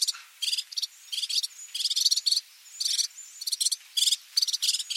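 Fire-fronted serin giving bursts of high, rapid trilled twittering notes in short clusters, with a few thin whistled slurs between them.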